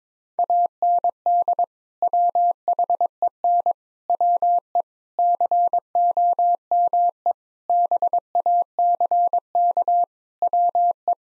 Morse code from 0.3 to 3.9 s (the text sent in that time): AND WHEN